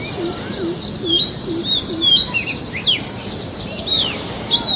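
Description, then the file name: Oriental magpie-robin song, bright whistled phrases and sharp downslurred notes in quick succession, over constant background hiss. Forest magpie-robin ('kacer hutan'), in forest. "suara kacer hutan. omkicau"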